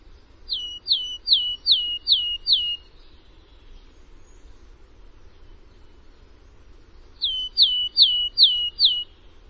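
Bird calls: two bursts of several sharp, high, down-slurred notes in quick even succession, separated by several seconds of quiet low background hum.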